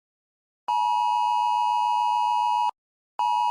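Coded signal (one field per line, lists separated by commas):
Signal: Emergency Alert System (SAME) tones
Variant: 853 and 960 Hz attention tone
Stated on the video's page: Fictional EAS scenario, not a real alert.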